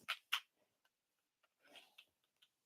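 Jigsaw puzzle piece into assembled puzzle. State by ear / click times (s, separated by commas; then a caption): seated / 0.1 s, 0.3 s. Cardboard jigsaw puzzle pieces are pressed into an assembled puzzle and snap into place with two sharp clicks at 0.1 and 0.3 seconds. These are followed by faint ticks and a soft rustling burst around 1.8 seconds. The pieces are seated.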